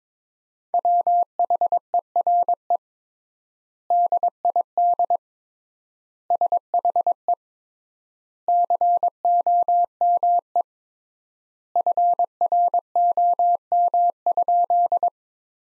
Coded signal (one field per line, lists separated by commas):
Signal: Morse code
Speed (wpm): 21 wpm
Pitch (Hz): 700 Hz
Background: none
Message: WHERE DID SHE COME FROM?